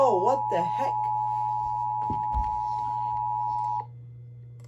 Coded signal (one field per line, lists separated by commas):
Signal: Emergency Alert System (SAME) tones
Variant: 853 and 960 Hz attention tone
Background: speech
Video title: EAS 1115: LAW ENFORCEMENT WARNING IN UTAH